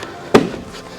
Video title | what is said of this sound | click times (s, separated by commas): Unboxing Triad Wavemaster 2XL Pro from Century Martial Arts | As it clicks down a little bit more, I'm going to bring this up. | 0.4 s